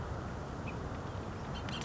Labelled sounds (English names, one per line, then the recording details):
Bullock's Oriole
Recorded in Sonoma County, California